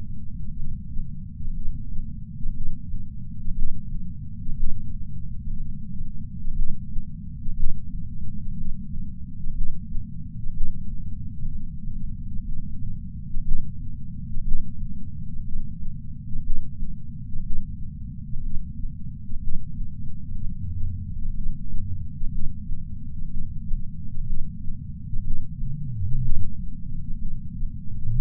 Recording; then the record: heart sounds by patch sensor on the chest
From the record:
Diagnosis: coronary artery disease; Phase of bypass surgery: preoperative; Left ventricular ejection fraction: 56.8%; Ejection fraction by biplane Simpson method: 51.5%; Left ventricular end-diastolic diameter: 44 mm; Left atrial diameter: 36 mm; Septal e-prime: 5.5 cm/s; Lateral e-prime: 7.2 cm/s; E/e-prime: 9.8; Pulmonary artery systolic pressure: 20 mmHg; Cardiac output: 4.1 L/min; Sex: male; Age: 71 years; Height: 160 cm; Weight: 67 kg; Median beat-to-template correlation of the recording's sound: 0.83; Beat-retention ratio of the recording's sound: 0.99